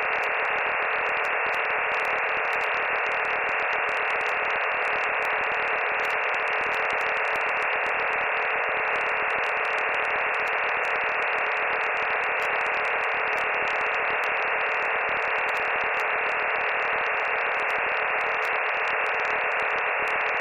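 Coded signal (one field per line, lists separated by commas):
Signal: digital SSTV (DRM)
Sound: steady dense rushing hiss across the midrange, unchanging for twenty seconds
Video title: Data bij de Daily Minutes Podcast (DRM, Fldigi) 15 september 2019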